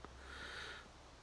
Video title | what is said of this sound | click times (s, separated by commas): Préparation mise en route ender3 3D | on la repousse on va en tournant un petit clic et elle sera remise en place | 0.1 s